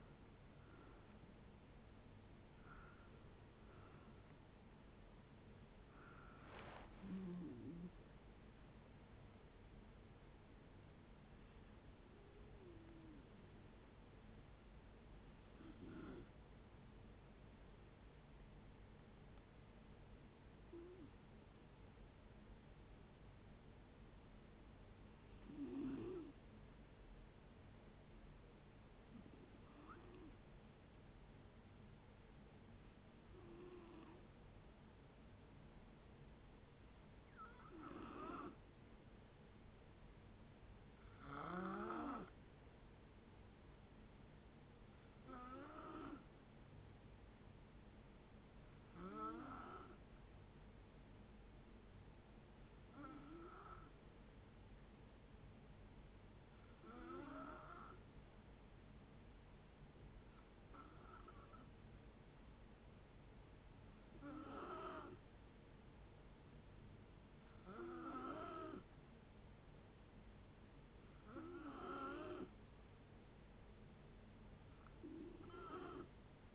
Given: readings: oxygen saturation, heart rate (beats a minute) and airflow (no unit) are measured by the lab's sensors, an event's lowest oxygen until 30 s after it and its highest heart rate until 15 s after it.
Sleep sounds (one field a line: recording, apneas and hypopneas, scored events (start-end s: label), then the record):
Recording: breathing in sleep by a voice recorder at the bedside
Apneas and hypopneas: 1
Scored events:
0.00-26.00 s: awake
24.00-54.00 s: new sleep stage, N1 (lightest sleep)
24.00-63.80 s: hypopnea (scored as awake, oxygen 97% highest, then 89% lowest, heart rate 65 at the start, 65 highest)
54.00-76.55 s: new sleep stage, N2 (light sleep)
From the record:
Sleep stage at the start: awake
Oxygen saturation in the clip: 86 to 97%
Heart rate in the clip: 57 to 78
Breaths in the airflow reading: 20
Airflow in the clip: -10.2 to 11.2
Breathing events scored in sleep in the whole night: 496 in 5.4 hours asleep